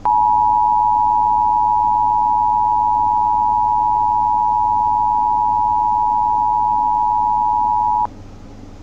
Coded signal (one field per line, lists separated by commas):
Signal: Emergency Alert System (SAME) tones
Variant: 853 and 960 Hz attention tone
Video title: LAW ENFORCEMENT WARNING for Delaware on WHYY-DT2 [EAS #1,682]